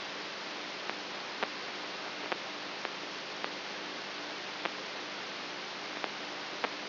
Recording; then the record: brain microelectrode recording played as sound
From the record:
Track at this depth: outside the subthalamic nucleus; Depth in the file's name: 7.9 mm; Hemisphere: right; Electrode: 3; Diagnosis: Parkinson's disease